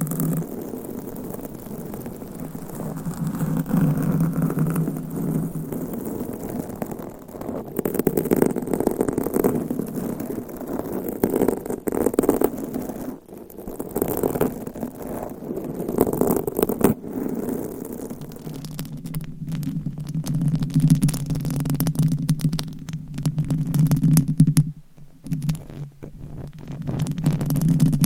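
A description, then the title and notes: Mic scratching rubs and rumbles low and dense, with sharp crackling bursts from about 17 seconds and a brief dropout near 25 seconds. ASMR Mic Scratching That Changes Every 20 Seconds ASMR for ADHD - No Talking.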